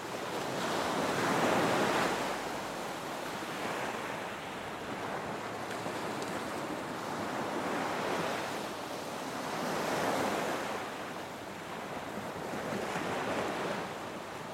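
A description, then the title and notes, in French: Gentle waves wash in and out in a slow, regular rhythm, swelling roughly every four to six seconds, with peaks near 1.5, 8 and 10 seconds. The hiss is soft and continuous, never fully dropping away, with a light rumble of wind underneath. Plongez dans le doux son des vagues, une mélodie apaisante qui berce l'âme.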